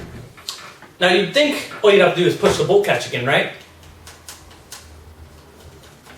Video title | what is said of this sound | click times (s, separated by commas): CYMA M14 review | push down on this button and it locks in place | 0.5 s